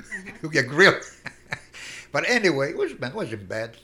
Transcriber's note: he laughs